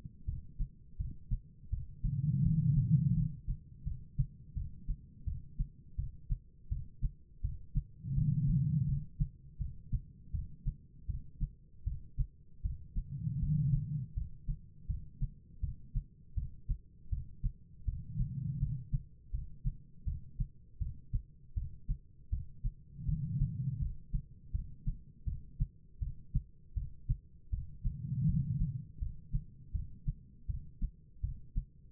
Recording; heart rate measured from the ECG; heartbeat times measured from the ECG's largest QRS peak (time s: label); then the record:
heart sounds by stethoscope; 81 bpm
0.26 s: heartbeat
0.97 s: heartbeat
1.70 s: heartbeat
2.43 s: heartbeat
3.14 s: heartbeat
3.84 s: heartbeat
4.54 s: heartbeat
5.25 s: heartbeat
5.96 s: heartbeat
6.69 s: heartbeat
7.42 s: heartbeat
8.14 s: heartbeat
8.86 s: heartbeat
9.58 s: heartbeat
10.32 s: heartbeat
11.07 s: heartbeat
11.84 s: heartbeat
12.62 s: heartbeat
13.40 s: heartbeat
14.14 s: heartbeat
14.87 s: heartbeat
15.61 s: heartbeat
16.35 s: heartbeat
17.10 s: heartbeat
17.85 s: heartbeat
18.59 s: heartbeat
19.31 s: heartbeat
20.05 s: heartbeat
20.79 s: heartbeat
21.54 s: heartbeat
22.30 s: heartbeat
23.06 s: heartbeat
23.79 s: heartbeat
24.52 s: heartbeat
25.25 s: heartbeat
25.99 s: heartbeat
26.74 s: heartbeat
27.50 s: heartbeat
28.26 s: heartbeat
28.99 s: heartbeat
29.72 s: heartbeat
30.47 s: heartbeat
31.21 s: heartbeat
From the record:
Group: healthy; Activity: rest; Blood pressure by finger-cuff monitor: 133/85 mmHg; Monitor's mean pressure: 107 mmHg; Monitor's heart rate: 82 bpm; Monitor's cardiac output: 5.6 L/min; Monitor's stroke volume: 68 mL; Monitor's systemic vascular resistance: 1420 dyn s/cm5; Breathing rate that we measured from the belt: 12 breaths a minute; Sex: female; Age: 51 years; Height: 162 cm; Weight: 70.04 kg